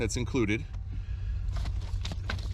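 Someone talks while the included wiring plug is pushed into its mating connector on the auxiliary switch panel harness of a refreshed GMC Sierra 1500, over a steady low hum. A sharp click at 2.3 s marks the plug seating and locking in place easily, followed by a few faint ticks.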